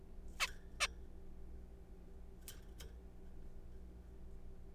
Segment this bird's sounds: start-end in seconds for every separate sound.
0.40-0.47, 0.80-0.87